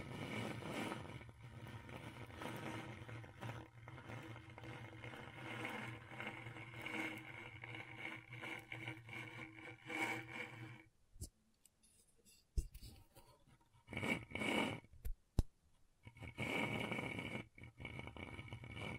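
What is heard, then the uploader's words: Scratchboard being worked: dense, rough scraping strokes run steadily for the first eleven seconds. After that the scratching breaks into short, separate bursts with near-silent gaps between them, picking up again into steadier strokes near the end. ASMR Brain Tingling Scratchboard (No Talking).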